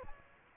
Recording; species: mosquito wingbeat signal from an infrared sensor; Aedes aegypti